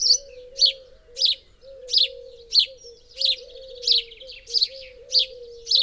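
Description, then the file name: House sparrow chirping, loud sharp chirps repeated about one and a half times per second, with a steady low whine running underneath throughout. "Passer domesticus"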